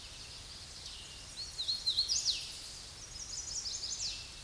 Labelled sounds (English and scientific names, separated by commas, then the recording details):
Hooded Warbler (Setophaga citrina) song
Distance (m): 40 m
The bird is about 25 m above the microphone
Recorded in a Pennsylvania forest on 16 May 2024 at 07:44
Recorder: AudioMoth, point MSD-2208
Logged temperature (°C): 15.2 °C
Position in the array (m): 144 m, 119 m